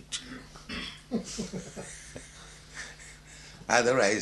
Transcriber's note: ambassador laughs